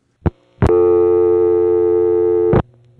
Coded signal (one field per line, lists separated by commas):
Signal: telephone call progress tone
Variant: North America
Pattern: dial tone